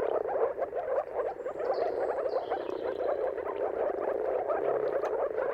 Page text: Dawn’s Chorus: Mating Calls of Marsh Frogs at Sunrise. Depending on the weather at the turn of March and April, you can witness an amazing spectacle of moor frogs. Jakub Orzecki. earth.fm